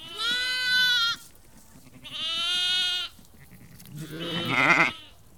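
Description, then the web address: Sheep bleats, two steady harmonic calls about a second long followed by a rougher wavering bleat, with other sheep calling faintly underneath. About 30 to 50 ewes and lambs calling together. "BBC Sound Effects Library (Livestock) About 30-50 Ewes and Lambs Calling"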